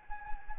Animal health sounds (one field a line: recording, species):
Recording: mosquito wingbeat signal from an infrared sensor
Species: Anopheles gambiae